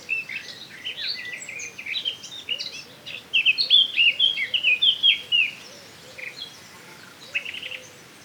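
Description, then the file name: Eurasian blackcap singing a quick, chattering warble of high slurred notes, louder in the middle; a faint low repeated sound runs beneath it. "Sylvia atricapilla"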